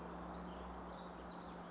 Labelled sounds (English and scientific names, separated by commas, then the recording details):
Warbling Vireo (Vireo gilvus)
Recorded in Sonoma County, California